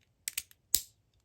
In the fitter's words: push until you hear a click.